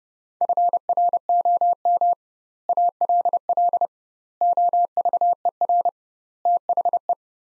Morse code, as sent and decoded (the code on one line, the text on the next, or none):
..-. .-. --- -- / .- .-.. .-.. / --- ...- . .-. / - .... .
FROM ALL OVER THE